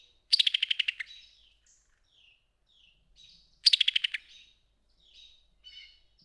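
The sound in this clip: Summer tanager calls: a fast, dry staccato rattle of about eight clicks dropping in pitch, given twice about three seconds apart, with soft high whistled notes between.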